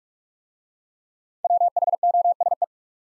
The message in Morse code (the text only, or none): WHOSE